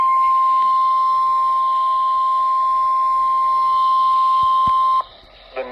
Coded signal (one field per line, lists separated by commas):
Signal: Emergency Alert System (SAME) tones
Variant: 1050 Hz attention tone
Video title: Real EAS Alert #77 Severe Thunderstorm Warning